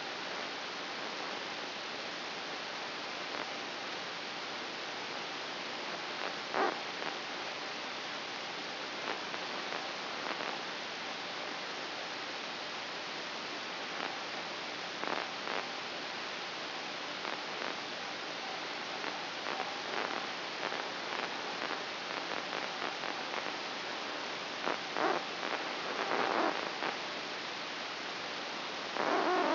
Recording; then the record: brain microelectrode recording played as sound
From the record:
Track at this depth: inside the subthalamic nucleus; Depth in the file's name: 7.329 mm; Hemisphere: right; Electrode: 2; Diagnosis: Parkinson's disease